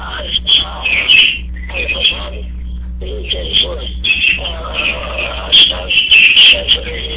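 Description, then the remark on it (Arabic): Loud, dense chirping of many sparrows, high-pitched tweets overlapping in a constant busy chatter for the whole stretch, with a steady low hum underneath, heard during a hadith reading session. “شيخ الفاضل حفظك الله، شيخي صوت العصافير مرتفع جدا شيخنا.”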